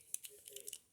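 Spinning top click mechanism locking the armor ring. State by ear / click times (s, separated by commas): seated / 0.1 s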